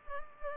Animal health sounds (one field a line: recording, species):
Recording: mosquito wingbeat signal from an infrared sensor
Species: Culex pipiens